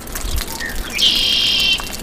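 Bird call: a few faint short notes, then a clear, steady high whistle held for under a second.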